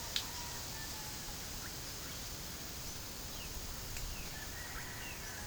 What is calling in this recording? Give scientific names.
Psarocolius angustifrons, Cyanocorax violaceus